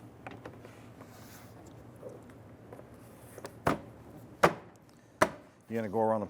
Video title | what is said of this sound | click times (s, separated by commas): How to Replace Rear Interior Door Handles Jeep Grand Cherokee 1999-2004 | around the perimeter they will press in and lock onto the door shell itself you're going | 4.4 s, 5.2 s